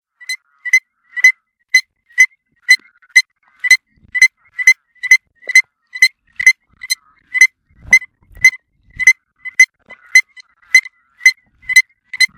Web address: Frog Pseudacris Streckeri